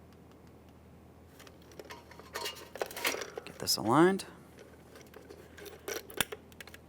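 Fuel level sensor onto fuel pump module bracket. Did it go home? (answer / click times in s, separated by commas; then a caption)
yes / 6.2 s. A fuel level sensor for a 2002–2009 Chevrolet Trailblazer is lined up by its plastic tabs with a groove and pushed up past a small lock onto the fuel pump module bracket while someone talks. Scattered handling clicks and scrapes come first, then a sharp click at 6.2 s as the sensor snaps into place and seats.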